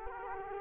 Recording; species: mosquito wingbeat signal from an infrared sensor; Culex quinquefasciatus